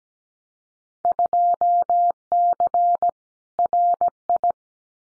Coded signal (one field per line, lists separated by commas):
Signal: Morse code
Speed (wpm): 17 wpm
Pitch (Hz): 700 Hz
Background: none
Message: 2C RI